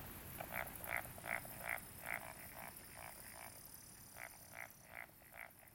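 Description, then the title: Frogs croaking at night, a series of short pulsed croaks repeated about every 0.4 seconds, pausing midway, with a faint high steady tone. "Summer Japan, Hokkaido. Night Paddy's frogs. 夜の水田のカエル"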